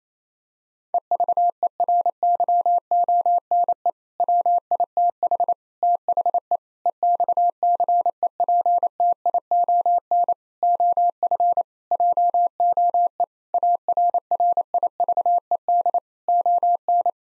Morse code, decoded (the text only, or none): EVERYONE WITH THE EXCEPTION OF JOE ARRIVED ON